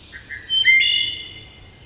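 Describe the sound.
Wood thrush delivering a single short phrase: lower opening notes, a clear ringing flute note, then a high thin ending.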